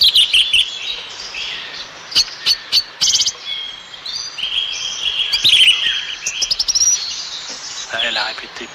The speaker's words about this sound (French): Voilà, des appels les plus célèbres de la grive.